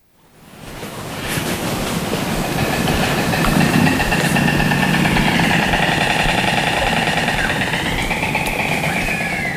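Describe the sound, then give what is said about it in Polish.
A honeybee colony hums inside its hive during a visit to several bee colonies, a dense, continuous buzzing drone that swells in over the first second and holds loud and steady, with faint wavering higher tones threaded through. “nawiązać bliski, ale bezpieczny kontakt z kilkoma pszczelimi rodzinami”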